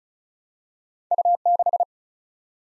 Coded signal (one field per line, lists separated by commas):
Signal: Morse code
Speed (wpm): 36 wpm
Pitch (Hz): 700 Hz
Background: none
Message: U6